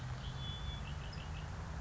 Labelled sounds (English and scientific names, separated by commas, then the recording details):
Red-winged Blackbird (Agelaius phoeniceus)
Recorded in Sonoma County, California